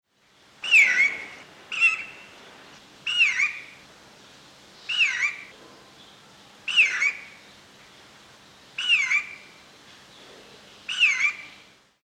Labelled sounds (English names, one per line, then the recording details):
Red-faced Mousebird
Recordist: Tembrock, Günter
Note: Rufe